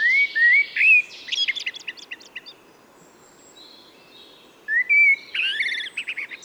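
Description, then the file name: Common blackbird song: two phrases of mellow fluted whistles, each ending in a squeaky, high twittering flourish, with a quiet pause between them. "Turdus merula"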